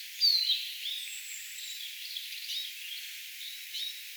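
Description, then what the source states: Eurasian siskin flight call: one clear, high, thin downslurred note near the start, followed by faint, soft twittering notes through the rest. Several siskins flying around, recorded 18 April 2025.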